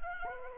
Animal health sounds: mosquito wingbeat signal from an infrared sensor; Anopheles arabiensis

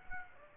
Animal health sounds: mosquito wingbeat signal from an infrared sensor; Aedes aegypti

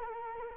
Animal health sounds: mosquito wingbeat signal from an infrared sensor; Culex quinquefasciatus

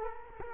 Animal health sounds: mosquito wingbeat signal from an infrared sensor; Culex quinquefasciatus

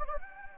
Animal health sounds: mosquito wingbeat signal from an infrared sensor; Anopheles gambiae

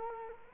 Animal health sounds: mosquito wingbeat signal from an infrared sensor; Culex quinquefasciatus

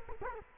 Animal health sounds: mosquito wingbeat signal from an infrared sensor; Culex quinquefasciatus

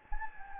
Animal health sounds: mosquito wingbeat signal from an infrared sensor; Anopheles gambiae

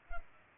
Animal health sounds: mosquito wingbeat signal from an infrared sensor; Culex pipiens

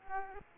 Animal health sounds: mosquito wingbeat signal from an infrared sensor; Aedes aegypti

